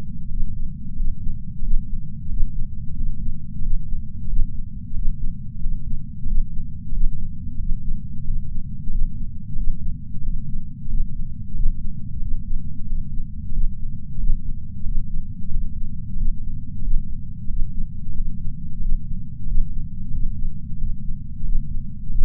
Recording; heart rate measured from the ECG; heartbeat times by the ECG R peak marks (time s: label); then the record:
heart sounds by patch sensor on the chest; 91 bpm
0.28 s: heartbeat
0.95 s: heartbeat
1.61 s: heartbeat
2.28 s: heartbeat
2.94 s: heartbeat
3.61 s: heartbeat
4.27 s: heartbeat
4.93 s: heartbeat
5.59 s: heartbeat
6.25 s: heartbeat
6.91 s: heartbeat
7.57 s: heartbeat
8.23 s: heartbeat
8.89 s: heartbeat
9.55 s: heartbeat
10.21 s: heartbeat
10.87 s: heartbeat
11.53 s: heartbeat
12.20 s: heartbeat
12.85 s: heartbeat
13.51 s: heartbeat
14.17 s: heartbeat
14.83 s: heartbeat
15.49 s: heartbeat
16.15 s: heartbeat
16.81 s: heartbeat
17.47 s: heartbeat
18.13 s: heartbeat
18.79 s: heartbeat
19.45 s: heartbeat
20.11 s: heartbeat
20.77 s: heartbeat
21.43 s: heartbeat
22.09 s: heartbeat
From the record:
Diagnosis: coronary artery disease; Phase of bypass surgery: postoperative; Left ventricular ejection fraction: 63.8%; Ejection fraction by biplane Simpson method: 63.7%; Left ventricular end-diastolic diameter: 46 mm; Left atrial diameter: 36 mm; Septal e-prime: 6 cm/s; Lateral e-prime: 8.7 cm/s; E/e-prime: 11.2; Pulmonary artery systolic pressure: 20 mmHg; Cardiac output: 4.6 L/min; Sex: male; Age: 58 years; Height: 170 cm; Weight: 80 kg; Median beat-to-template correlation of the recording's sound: 0.85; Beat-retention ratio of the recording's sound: 0.99